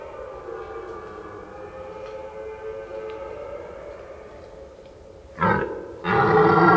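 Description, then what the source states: Red deer giving a faint, drawn-out roaring tone that trails on, then two sudden loud, harsh roars near the end. During the rut.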